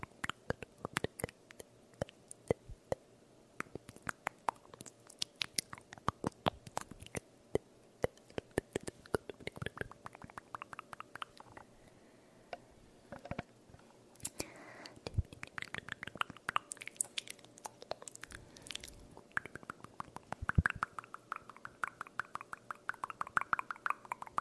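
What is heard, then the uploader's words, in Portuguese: Close-up mouth sounds, wet clicks and pops right at the ear, some slow and spaced, others quick bursts, with soft breathy whispers between. ASMR só com sons de boca lentos e rápidos pertinho do seu ouvido.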